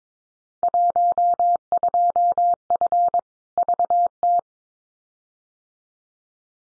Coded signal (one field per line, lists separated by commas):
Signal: Morse code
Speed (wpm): 22 wpm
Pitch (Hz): 700 Hz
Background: none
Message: 12F VT